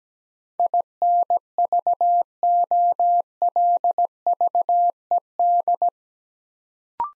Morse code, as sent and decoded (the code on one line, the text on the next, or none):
.. -. ...- --- .-.. ...- . -..
INVOLVED